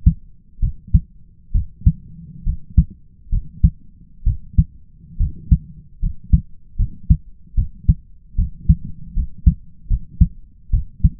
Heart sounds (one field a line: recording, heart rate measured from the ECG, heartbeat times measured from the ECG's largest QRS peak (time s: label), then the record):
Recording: heart sounds by stethoscope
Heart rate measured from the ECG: 71 bpm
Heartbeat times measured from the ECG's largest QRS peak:
0.60 s: heartbeat
1.52 s: heartbeat
2.44 s: heartbeat
3.29 s: heartbeat
4.24 s: heartbeat
5.17 s: heartbeat
5.99 s: heartbeat
6.76 s: heartbeat
7.55 s: heartbeat
8.36 s: heartbeat
9.14 s: heartbeat
9.88 s: heartbeat
10.71 s: heartbeat
From the record:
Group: healthy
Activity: rest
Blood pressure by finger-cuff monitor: 134/81 mmHg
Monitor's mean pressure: 93 mmHg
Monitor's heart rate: 70 bpm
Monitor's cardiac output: 5 L/min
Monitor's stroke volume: 75 mL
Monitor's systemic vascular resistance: 1370 dyn s/cm5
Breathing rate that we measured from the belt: 18 breaths a minute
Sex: male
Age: 20 years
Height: 167 cm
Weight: 61 kg